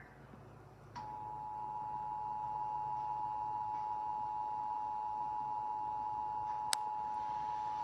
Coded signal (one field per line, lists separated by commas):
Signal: Emergency Alert System (SAME) tones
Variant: 853 and 960 Hz attention tone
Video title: EAS Scenario New Year’s Eve Fail Countdown Test Pt 2